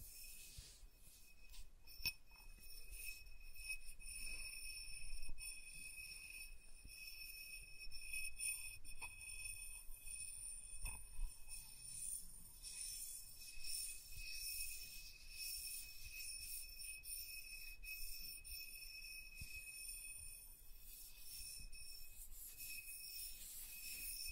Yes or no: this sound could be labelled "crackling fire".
no